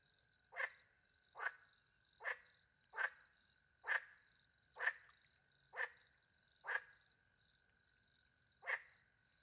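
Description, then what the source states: Frog giving short, sharp croaks roughly once a second, about nine in a row, over a steady high cricket trill. Frogs with crickets at night in countryside beside a little pond in France; microphones hidden in a tree, two Usi Pro microphones into a MixPre-10 II recorder.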